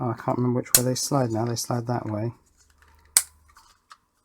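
Someone talks while working out which way joined plastic terminal block sections slide, then slides them apart. A single sharp plastic snap at 3.2 seconds marks a section unclipping and releasing from the adjacent one, followed by a few faint small clicks.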